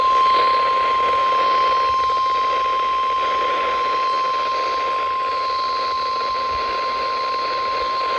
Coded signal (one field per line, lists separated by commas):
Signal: Emergency Alert System (SAME) tones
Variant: 1050 Hz attention tone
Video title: EAS Alerts From 7/17/25: A Compilation (EAS 940-945)